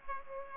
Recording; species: mosquito wingbeat signal from an infrared sensor; Aedes aegypti